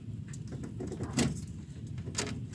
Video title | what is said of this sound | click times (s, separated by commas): How to Replace Front Turn Signal/Blinker/Indicator Bulb on Jeep Wrangler JK 2016 - VERY EASY | and you hear that light click and you shouldn't be able to pull it out okay that means it's locked in | 2.2 s